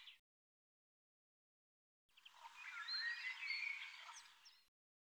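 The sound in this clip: Bird song: a brief note followed by a long warbled phrase of sliding whistles and twitters.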